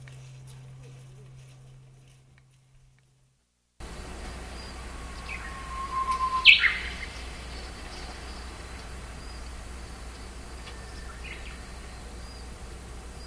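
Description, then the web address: Japanese bush warbler song after a quiet start: a steady whistle, then a sharp, quick flourish. Faint hiss continues afterwards. Dated April 2011. "nishikawa 201104 uguisu"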